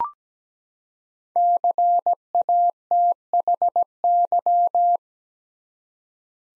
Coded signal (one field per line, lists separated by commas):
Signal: Morse code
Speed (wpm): 17 wpm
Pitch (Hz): 700 Hz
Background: none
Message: CATHY